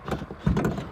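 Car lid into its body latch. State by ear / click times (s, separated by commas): not seated / none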